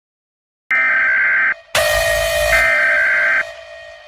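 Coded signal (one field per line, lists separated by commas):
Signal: Emergency Alert System (SAME) tones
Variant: header bursts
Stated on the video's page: EAS scenario, a simulated alert themed on Baldi's Basics.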